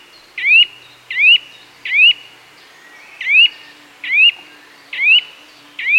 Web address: Sound Effects-BBC. nuthatch calls with chiffchaff blackbird wren blue tit and chaffinch in distance